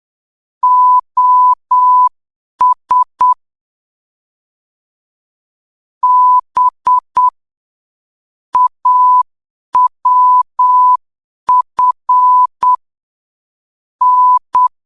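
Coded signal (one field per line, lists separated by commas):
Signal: Morse code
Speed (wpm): 8 wpm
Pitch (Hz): 1000 Hz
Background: none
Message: OS B AWF N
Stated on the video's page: Beginner Morse code training drill, level 2.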